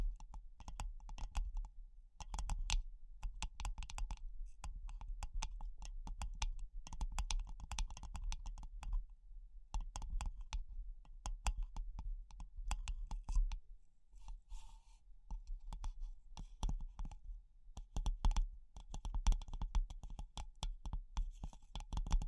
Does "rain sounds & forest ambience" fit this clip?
no